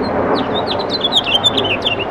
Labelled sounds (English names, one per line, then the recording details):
House Finch song
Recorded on Long Island, New York, on 18 June 2012
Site BA
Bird C